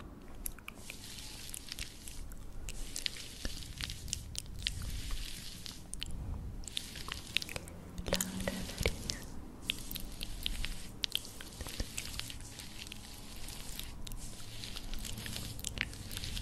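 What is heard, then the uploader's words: Face painting, heard as a steady run of soft, wet squishing and dabbing sounds with frequent bright clicks and ticks scattered irregularly throughout. A low rumble sits underneath, and a slightly fuller, louder stretch of strokes comes around the eight-second mark. Te pinto la carita con sonido REAL Asmr Face Painting.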